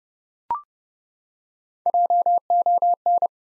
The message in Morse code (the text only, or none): JON